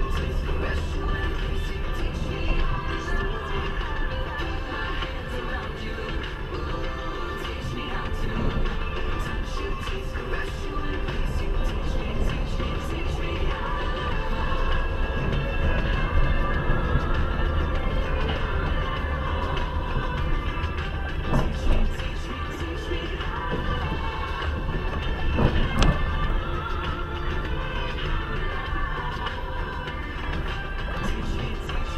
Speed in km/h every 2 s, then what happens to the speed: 26, 23, 22, 18, 15, 15, 17, 22, 26, 26, 26, 24, 23, 20, 21, 10.
0-8 slows to 15. 11-15 speeds up to 26. 15-32 slows to 10.